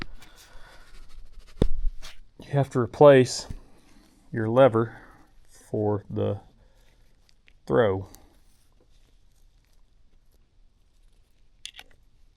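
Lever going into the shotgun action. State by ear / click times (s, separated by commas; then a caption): partly seated / 11.6 s. Someone talks while a replacement throw lever is pushed back into the action of a Stoeger M3020 shotgun during cleaning. A sharp click sounds at 11.7 s as the lever catches, but it is not yet fully home.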